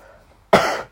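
A single short, harsh cough from an adult man follows half a second of near silence. It is a sudden loud burst that fades over less than half a second. This is an isolated cough from a common cold, part of a recent spell of coughing.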